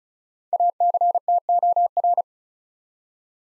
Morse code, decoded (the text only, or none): ACTOR